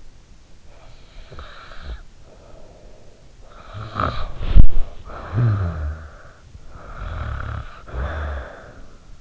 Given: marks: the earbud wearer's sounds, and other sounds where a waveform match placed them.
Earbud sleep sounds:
sounds in sleep by an in-ear microphone; snoring breath, body movement
0.72-3.38 s: snoring breath
3.52-6.52 s: snoring breath
4.45-4.74 s: body movement
6.70-9.21 s: snoring breath

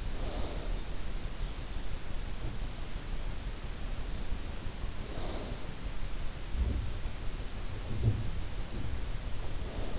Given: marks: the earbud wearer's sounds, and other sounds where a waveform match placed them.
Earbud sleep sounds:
sounds in sleep by an in-ear microphone; snoring breath
0.00-0.77 s: snoring breath
5.03-5.69 s: snoring breath
6.65-8.84 s: sound from someone else or the room
9.32-9.97 s: snoring breath

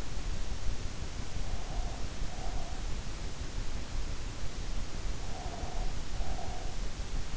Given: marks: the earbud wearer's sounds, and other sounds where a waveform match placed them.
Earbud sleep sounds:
sounds in sleep by an in-ear microphone; breath
1.57-2.94 s: breath
5.28-6.90 s: breath

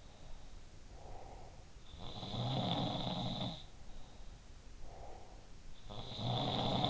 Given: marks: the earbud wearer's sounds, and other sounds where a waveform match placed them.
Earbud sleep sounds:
sounds in sleep by an in-ear microphone; breath
0.00-1.53 s: breath
1.93-5.32 s: sound from someone else or the room
3.71-5.31 s: breath
5.79-6.90 s: sound from someone else or the room

